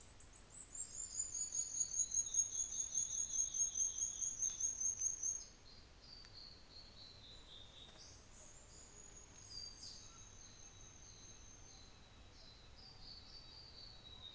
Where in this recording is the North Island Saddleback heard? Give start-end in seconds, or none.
none